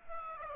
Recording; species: mosquito wingbeat signal from an infrared sensor; Aedes aegypti